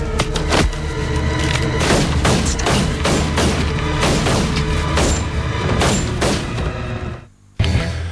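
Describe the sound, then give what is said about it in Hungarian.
Several sharp gunshots crack out at irregular intervals over a dense, loud, rumbling background, with a sudden brief drop to near silence just before the noise cuts back in. “Eldördült néhány lövés, ami mondjuk a kérdésre, hogy játszanál a játékkal, bizonyos emberek szemszögéből választ adott.”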